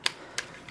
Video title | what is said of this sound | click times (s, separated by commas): Dino Zord Mega Pack Review [Power Rangers Dino Charge] | Click in place, click in place. There we go. | 0.1 s, 0.4 s